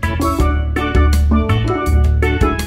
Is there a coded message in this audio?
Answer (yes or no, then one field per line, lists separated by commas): no